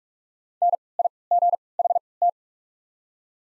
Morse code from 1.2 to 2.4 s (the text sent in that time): G H T